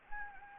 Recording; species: mosquito wingbeat signal from an infrared sensor; Anopheles gambiae